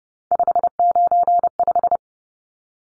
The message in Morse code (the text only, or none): 595